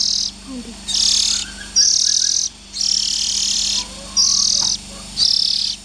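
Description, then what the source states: Oriental magpie-robin giving steady rasping hisses roughly once a second, with faint twittering notes between them. Young birds.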